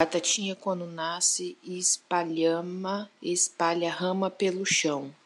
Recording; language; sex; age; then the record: short text; Brazilian Portuguese; female; 30 to 39 years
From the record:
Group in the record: control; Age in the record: 31 years